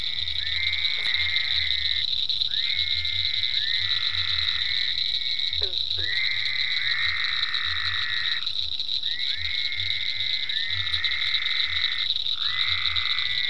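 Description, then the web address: Frogs giving long trills in bouts of about two seconds with pauses, a few quick downward chirps, a steady high drone and low pulsing croaks. Frogs in ponds at Venaura farm, recorded 27 May 2010. "ecolandtech venaurafarm frogs-in-ponds 5-27-010-Frogs"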